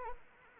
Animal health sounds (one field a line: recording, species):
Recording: mosquito wingbeat signal from an infrared sensor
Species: Anopheles arabiensis